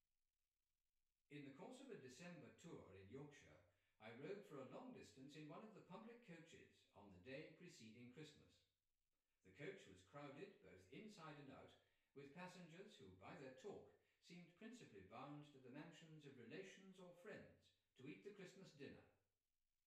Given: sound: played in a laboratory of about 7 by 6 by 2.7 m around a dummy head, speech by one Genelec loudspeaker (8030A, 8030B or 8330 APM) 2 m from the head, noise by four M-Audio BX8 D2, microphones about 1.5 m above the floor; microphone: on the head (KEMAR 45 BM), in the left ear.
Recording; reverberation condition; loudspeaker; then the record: male speech in English; medium; 120 degrees to the right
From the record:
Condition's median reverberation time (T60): about 510 ms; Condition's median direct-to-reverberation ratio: about -0.5 dB